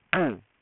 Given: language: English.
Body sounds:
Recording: throat vibration sensor signal played as sound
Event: throat clearing

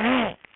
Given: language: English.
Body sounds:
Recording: throat vibration sensor signal played as sound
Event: throat clearing

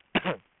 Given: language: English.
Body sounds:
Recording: throat vibration sensor signal played as sound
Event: cough

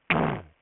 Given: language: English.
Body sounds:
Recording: throat vibration sensor signal played as sound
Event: throat clearing

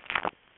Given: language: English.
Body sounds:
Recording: throat vibration sensor signal played as sound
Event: swallow

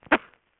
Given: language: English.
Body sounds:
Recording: throat vibration sensor signal played as sound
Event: cough

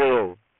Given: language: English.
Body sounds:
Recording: throat vibration sensor signal played as sound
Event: speech

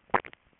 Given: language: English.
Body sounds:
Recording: throat vibration sensor signal played as sound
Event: swallow

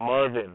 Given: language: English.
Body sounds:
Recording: throat vibration sensor signal played as sound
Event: speech

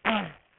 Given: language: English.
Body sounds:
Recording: throat vibration sensor signal played as sound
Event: throat clearing

